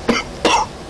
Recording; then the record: coughing mixed with background sound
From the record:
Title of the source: Coughing 60